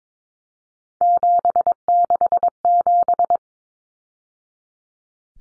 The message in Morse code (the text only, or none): 767